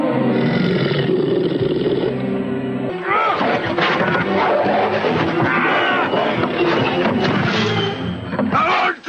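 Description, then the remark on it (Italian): A St. Bernard dog, Cujo, growls loudly and continuously, a deep rumbling snarl that swells into harsher, more agitated snarling bursts partway through and keeps going to the end. “Cugio, che hai da ringhiare?”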